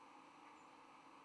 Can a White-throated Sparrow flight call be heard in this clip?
yes